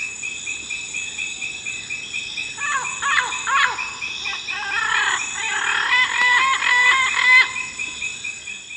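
Bird calls: a series of harsh, harmonic, clucking notes in bursts through the middle, over a continuous high-pitched insect drone.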